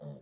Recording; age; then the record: pig call; piglet (1 to 25 days)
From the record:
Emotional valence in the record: negative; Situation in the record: short isolation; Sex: female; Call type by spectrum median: low-frequency call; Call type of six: low-frequency stable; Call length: 0.22 s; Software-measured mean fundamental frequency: 50 Hz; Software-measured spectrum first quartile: 156 Hz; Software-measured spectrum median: 264 Hz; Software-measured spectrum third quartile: 568 Hz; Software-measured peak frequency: 149 Hz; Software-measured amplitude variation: 111 dB a second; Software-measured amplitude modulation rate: 16.0 a second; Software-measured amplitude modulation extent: 6.9 dB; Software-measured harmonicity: 0.8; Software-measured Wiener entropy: -0.05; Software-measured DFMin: 1027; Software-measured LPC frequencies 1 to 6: 564, 1615, 3562, 5105, 5941, 8503 Hz